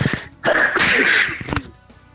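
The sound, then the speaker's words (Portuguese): A single loud sneeze: a quick breath in, then a forceful, hissy burst that trails off into a short exhale, with no talking. “Saúde.”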